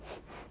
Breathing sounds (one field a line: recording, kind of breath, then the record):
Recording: one breath in and out by a microphone near the nose and mouth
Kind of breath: strong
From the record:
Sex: female